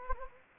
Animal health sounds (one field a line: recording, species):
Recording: mosquito wingbeat signal from an infrared sensor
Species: Anopheles gambiae